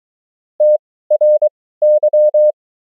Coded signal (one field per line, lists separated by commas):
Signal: Morse code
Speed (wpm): 24 wpm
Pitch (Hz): 600 Hz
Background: none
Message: TRY